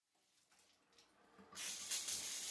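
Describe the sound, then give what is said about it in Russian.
A low, faint murmur builds for a moment, then hot shower water bursts on into a loud, steady, hissing spray that continues to the end. “Горячие струйки воды приятно щекотали кожу, смывая ночную усталость и въевшиеся ресторанные запахи.”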